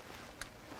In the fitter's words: There we go. There's click five.